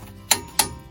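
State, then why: Torque reached. A torque wrench set to 85 ft-lb is pulled on the upper ball joint nut of the front steering knuckle of a 2012 Ford F-150 FX4 during a passenger-side 4x4 actuator replacement. It gives a sharp click at 0.3 s, followed by a second similar click at 0.6 s. The wrench clicks at its setting, confirming the nut has reached 85 ft-lb.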